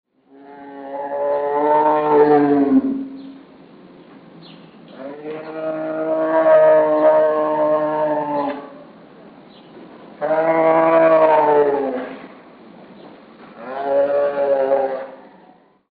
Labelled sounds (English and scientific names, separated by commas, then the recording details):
Tiger (Panthera tigris)
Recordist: Tembrock, Günter
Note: Langlaute